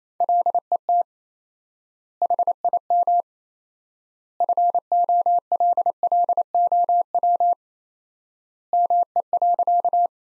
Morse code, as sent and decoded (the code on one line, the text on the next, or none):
.-.. . - / .... .. -- / ..-. --- .-.. .-.. --- .-- / -- . .-.-.-
LET HIM FOLLOW ME.